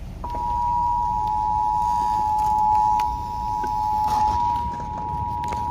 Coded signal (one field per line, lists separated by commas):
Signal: Emergency Alert System (SAME) tones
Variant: 853 and 960 Hz attention tone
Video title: INTO THE CORE! EAS Alerts from 4/22/23 (EAS #1,148-1,156)